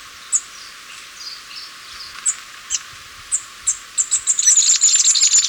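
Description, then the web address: Masked flowerpiercer song, widely spaced high chips building into a fast, thin, tinkling twitter in the final second or so. Recorded in Ecuador. "Natures Songs S America Birds of Ecuador. Masked Flowerpiercer"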